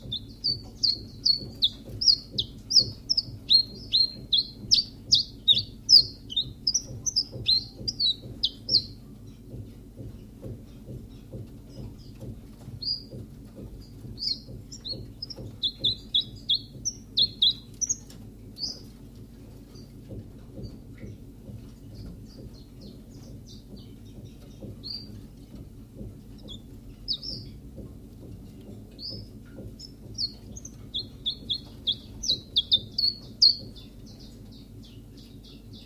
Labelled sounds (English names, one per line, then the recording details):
Common Chiffchaff
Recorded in captivity
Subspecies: collybita
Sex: male
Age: adult
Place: Zoologisches Institut Universität Tübingen, Baden-Württemberg, DE
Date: 1965-02-03 15:30
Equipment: Nagra III PH, Parabolspiegel, LGS26
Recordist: Schneider, Hans-Joachim